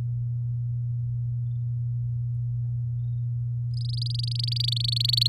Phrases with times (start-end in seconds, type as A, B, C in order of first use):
3.73-5.27 A